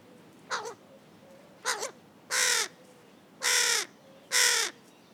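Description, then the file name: Carrion crow cawing: two short, quieter caws followed by three loud, drawn-out harsh caws at roughly one-second intervals. "Corvus corone"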